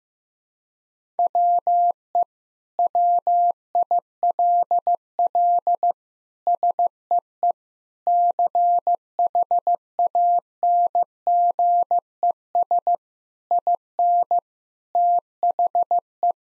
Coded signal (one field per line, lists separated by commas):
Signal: Morse code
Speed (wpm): 15 wpm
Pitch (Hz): 700 Hz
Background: none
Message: WE WILL SEE CHANGES IN THE